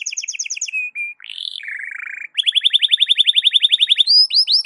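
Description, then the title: Canary song with quick repeated chirps, a brief buzzy roll, then a fast even trill of rising notes ending in upswept whistles. Canary song in the morning, played to warm up Belgian canaries and suited as masteran (song tutoring for other birds). "Canto Para Esquentar Canário Belga. SUARA BURUNG KENARI DI PAGI HARI COCOK BUAT MASTERAN"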